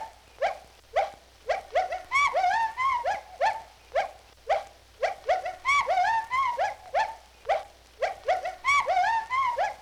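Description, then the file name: Gibbons hooting: short rising whoops in quick series, building into longer wavering, quavering hoots, then back to quick whoops, repeating in cycles. "G 12-23-Gibbons Hooting"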